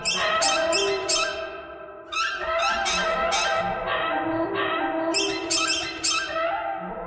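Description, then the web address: Bird squawking, rough and buzzy, layered calls running almost continuously, with crisp high clicks at the start and again later. "soundfactory birds birds thread buzz"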